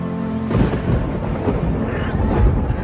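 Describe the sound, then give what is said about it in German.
A deep, rolling rumble of thunder from a violent storm swells in after a brief low hum and keeps grumbling steadily, loud and broad, with a couple of heavier surges toward the end. “Gewaltige Unwetter zogen auf.”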